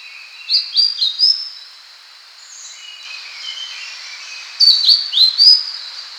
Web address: citrine flycatcher song